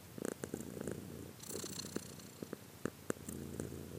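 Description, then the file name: Quiet cat purr, a faint low rumble under a series of sharp clicks and light rustling. "cat again"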